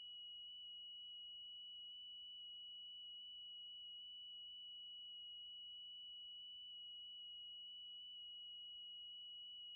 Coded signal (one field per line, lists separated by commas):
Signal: FT8